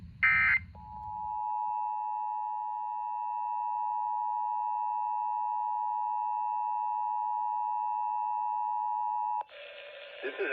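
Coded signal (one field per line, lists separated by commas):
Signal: Emergency Alert System (SAME) tones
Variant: 853 and 960 Hz attention tone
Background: speech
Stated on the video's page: Los Angeles required monthly tests.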